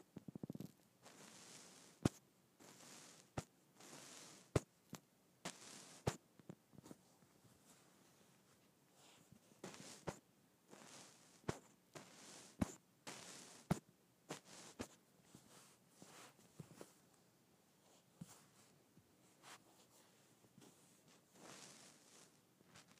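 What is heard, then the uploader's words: Kinetic sand being cut and scraped, with soft gritty swishes and frequent sharp clicks of the tool, irregular throughout with brief quiet gaps. ASMR Cutting up Kinetic Sand.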